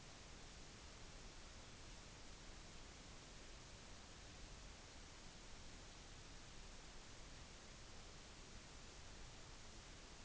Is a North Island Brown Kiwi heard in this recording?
no